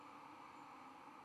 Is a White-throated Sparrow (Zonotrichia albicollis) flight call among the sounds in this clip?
no